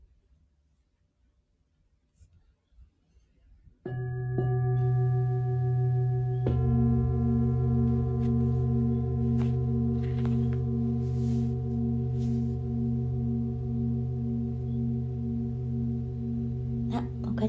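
A singing bowl is struck at about four seconds, after near silence, and a second bowl joins around six and a half seconds. Their low, humming tones sustain evenly with a gentle pulsing beat, ringing on to the end with faint overtones above.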